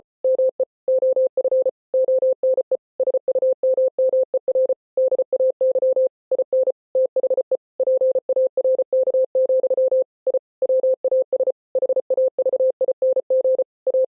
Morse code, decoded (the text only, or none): ME OF ONE SUMMER DAY IN THE PARK, I WAS HAVING A